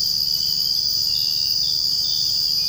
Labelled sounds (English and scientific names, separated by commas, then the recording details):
none
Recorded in secondary vegetation near Puerto Asís, Putumayo, Colombia, on 21 March 2025 at 05:30
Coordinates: 0.502, -76.326
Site G100